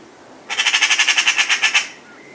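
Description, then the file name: Eurasian magpie uttering a single harsh rattle of about a dozen rapid, grating notes lasting just over a second. "Pica pica"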